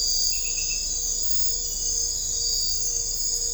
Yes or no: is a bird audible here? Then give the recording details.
no. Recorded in dense forest near Puerto Asís, Putumayo, Colombia, on 21 December 2024 at 01:30. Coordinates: 0.500, -76.322. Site G053